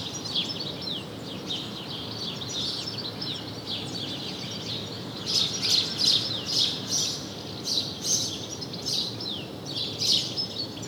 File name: Passer domesticus